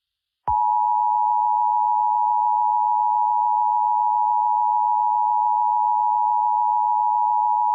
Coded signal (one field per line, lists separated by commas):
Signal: Emergency Alert System (SAME) tones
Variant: 853 and 960 Hz attention tone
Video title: EAS MOCK For Civil Emergency Message New Update